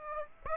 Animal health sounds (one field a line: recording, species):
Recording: mosquito wingbeat signal from an infrared sensor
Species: Aedes aegypti